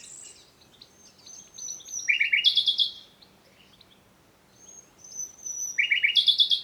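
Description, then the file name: Common nightingale song: two phrases, each with a soft high whistle followed by a burst of fast repeated chattering notes. "Luscinia megarhynchos"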